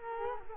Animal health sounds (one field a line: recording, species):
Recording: mosquito wingbeat signal from an infrared sensor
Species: Culex quinquefasciatus